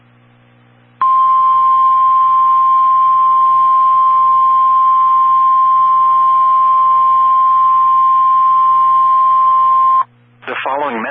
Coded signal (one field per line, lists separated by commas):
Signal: Emergency Alert System (SAME) tones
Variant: 1050 Hz attention tone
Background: speech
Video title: EAS Compilation Alerts for Hurricane Florence 9-11-2018 to 9-16-2018